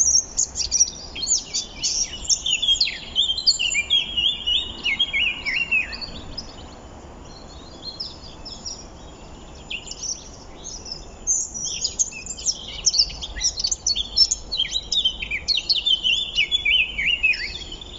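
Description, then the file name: Eurasian blackcap song, long runs of fast, varied warbling, a quieter gap midway, then another lively burst of high chattering and whistled notes. "Sylvia atricapilla"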